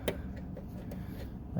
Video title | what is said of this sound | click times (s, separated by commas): GE Dishwasher Repair - Replacing the User Interface Control Board | that and you should hear it click into place like that make sure it's secure | 0.1 s